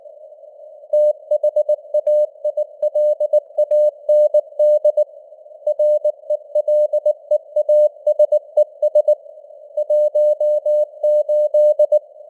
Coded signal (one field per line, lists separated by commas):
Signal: Morse code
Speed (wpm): 19 wpm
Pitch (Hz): 600 Hz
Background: none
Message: THAILAND RELEASES 18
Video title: Morse Code News | 2026-01-02 | 19wpm